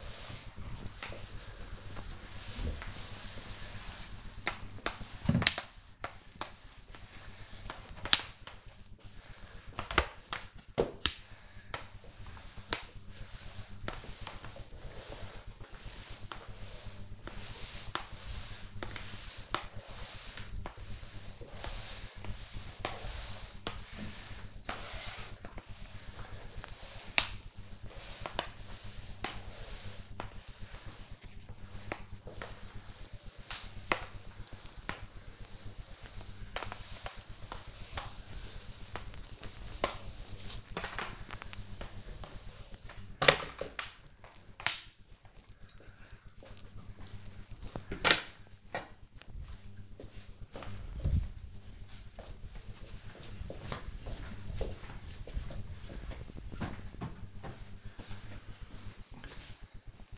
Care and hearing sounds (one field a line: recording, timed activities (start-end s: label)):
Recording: household activities, microphone on the right wrist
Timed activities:
0.00-44.49 s: floor cleaning